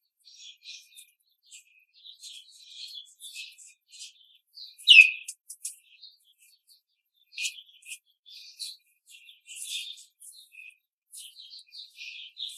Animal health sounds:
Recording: young laying hens in a cage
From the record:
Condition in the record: control cage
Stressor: none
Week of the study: 5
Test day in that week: 1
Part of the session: 2

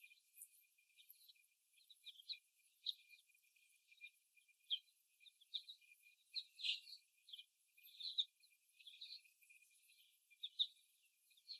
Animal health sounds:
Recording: young laying hens in a cage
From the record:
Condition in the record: before the stressor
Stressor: simulated dog barking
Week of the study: 1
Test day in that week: 1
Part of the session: 1

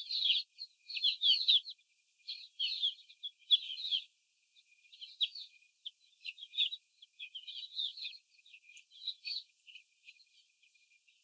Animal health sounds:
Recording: young laying hens in a cage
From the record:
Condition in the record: after the stressor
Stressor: simulated dog barking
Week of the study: 4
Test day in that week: 3

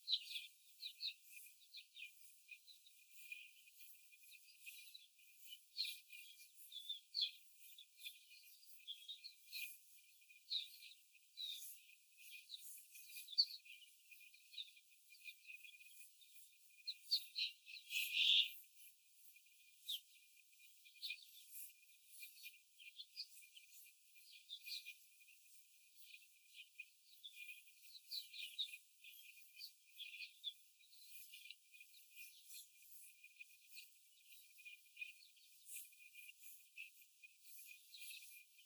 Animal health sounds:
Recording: young laying hens in a cage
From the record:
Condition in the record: after the stressor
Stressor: simulated dog barking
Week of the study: 4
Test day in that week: 1

